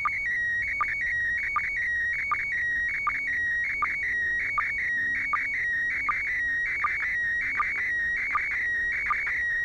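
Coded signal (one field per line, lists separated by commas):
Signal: SSTV (slow-scan television)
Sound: warbling, buzzy tone shifting in pitch, with a short low chirp about every 0.75 seconds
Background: radio static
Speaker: I got a complete image and part of a little one at the beginning just 20 seconds of it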